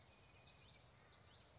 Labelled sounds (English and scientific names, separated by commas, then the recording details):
Common Yellowthroat (Geothlypis trichas)
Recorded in Sonoma County, California